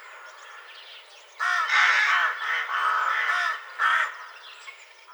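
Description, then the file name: Rook harsh, rasping caws in a few uneven bursts, with fainter cawing before and after them. "grach-golos onbird ru"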